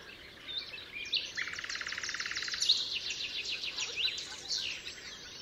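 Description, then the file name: Common nightingale song mixing a low, buzzy rattle with higher quick trills and chirps, over steady outdoor background noise. Recorded 27 April 2014 at the Altmühlsee. "Nachtigall. Altmuehlsee."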